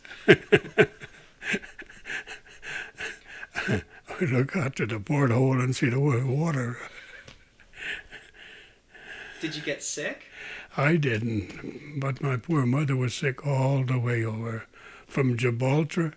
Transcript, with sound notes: We look out of the port hole and see the water. ( he laughs )
Did you get sick?
I didn't, but my poor mother was sick all the way over from Gibraltar